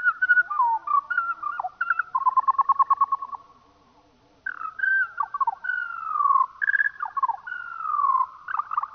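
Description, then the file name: Eurasian skylark song played slowly: rapid rattling trills and sliding whistles, then a silence of about a second before the varied warbling resumes. Played slowed down. "skylark slowed down"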